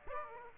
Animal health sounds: mosquito wingbeat signal from an infrared sensor; Aedes aegypti

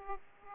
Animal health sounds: mosquito wingbeat signal from an infrared sensor; Aedes aegypti

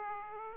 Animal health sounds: mosquito wingbeat signal from an infrared sensor; Aedes aegypti

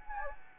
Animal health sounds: mosquito wingbeat signal from an infrared sensor; Anopheles gambiae

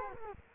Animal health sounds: mosquito wingbeat signal from an infrared sensor; Culex quinquefasciatus

